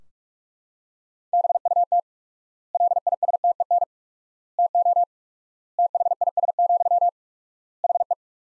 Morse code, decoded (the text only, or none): BUT LISTEN TO THIS, HE